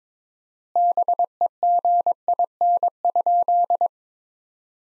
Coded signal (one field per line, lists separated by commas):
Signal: Morse code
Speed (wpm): 22 wpm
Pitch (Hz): 700 Hz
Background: none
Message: BEGIN?